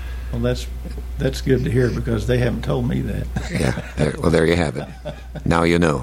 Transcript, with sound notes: Well, that's good to hear because they haven't told me that. (Laughing)
Yeah, well, there you have it. Now you know.